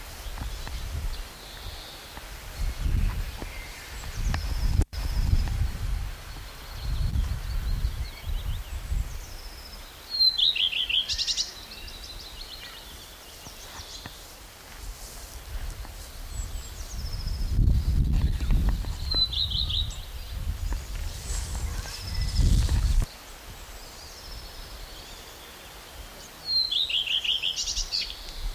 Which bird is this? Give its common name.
Common Redstart